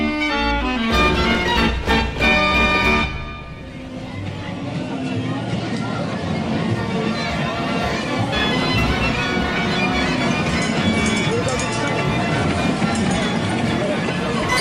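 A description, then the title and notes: Fairground sounds, loud and crowded throughout. The first three seconds carry a pulsing, tuneful stretch with rapid regular beats, then give way after a brief dip to a dense, steady wash of rides, music and crowd noise that stays full and bright to the end. Fairground Sounds.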